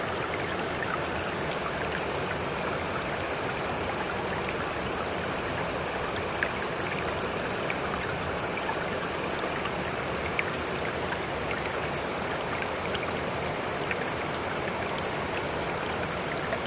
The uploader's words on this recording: A little further back, you can hear the ambient noise of a stream. Recording of a stream.